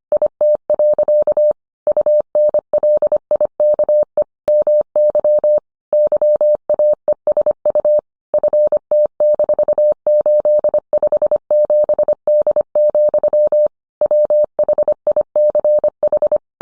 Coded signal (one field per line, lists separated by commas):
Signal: Morse code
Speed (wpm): 25 wpm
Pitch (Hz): 600 Hz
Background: none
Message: IT. UNLIKE MY YAESU FT-857D, WHICH